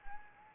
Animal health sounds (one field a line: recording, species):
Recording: mosquito wingbeat signal from an infrared sensor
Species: Anopheles gambiae